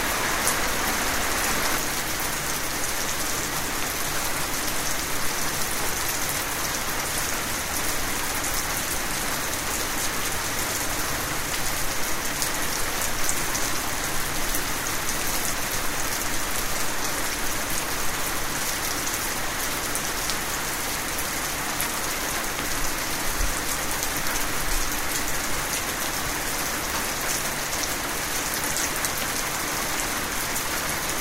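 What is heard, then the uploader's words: A gentle rain shower falls steadily, a dense, even patter of raindrops across the whole half minute with no pauses or swells. The hiss is bright and close, with faint low hum lines underneath and a slight shift in tone after the first couple of seconds. The peaceful sounds of a gentle rain shower on a lazy afternoon. The steady patter of raindrops.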